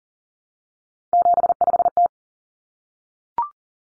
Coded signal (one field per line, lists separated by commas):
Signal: Morse code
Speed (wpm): 40 wpm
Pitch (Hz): 700 Hz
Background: none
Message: 75T